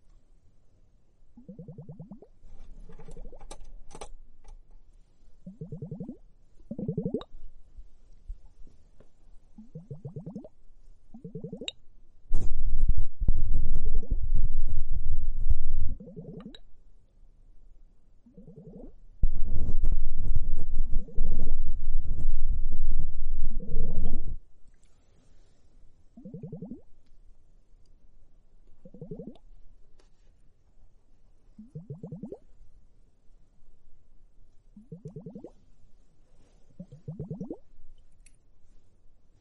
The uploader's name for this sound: Foamy hourglass, comfortable bubble spa massage ears